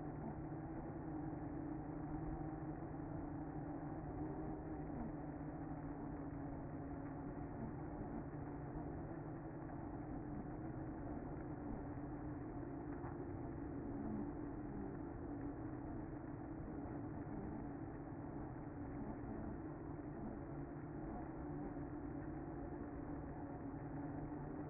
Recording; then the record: honeybee colony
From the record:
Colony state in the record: active